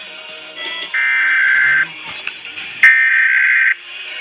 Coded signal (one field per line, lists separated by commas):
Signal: Emergency Alert System (SAME) tones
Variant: header bursts